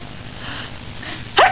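A single brief, sharp sneeze from a rabbit follows a second of quiet background noise.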